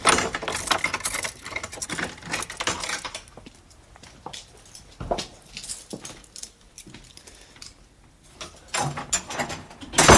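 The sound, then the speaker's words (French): A door of George Sand's house at Nohant is unlocked and opened by the house's caretaker: a flurry of sharp metallic clicks and rattles from keys and latch, then quieter scattered clunks and a final burst of clattering, with no voices. “Non, je vais quand même vous ouvrir cette porte.”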